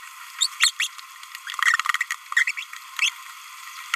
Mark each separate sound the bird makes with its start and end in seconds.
0.40-0.48, 0.61-0.70, 0.80-0.87, 2.48-2.51, 2.57-2.63, 3.01-3.11